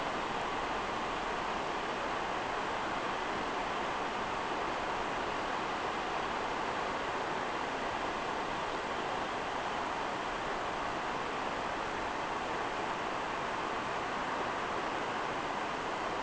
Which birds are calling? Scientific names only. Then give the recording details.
none. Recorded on Arctic tundra, site NAIT-1, on 29 June 2018. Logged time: 01:00